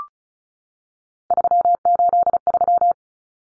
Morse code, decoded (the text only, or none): 383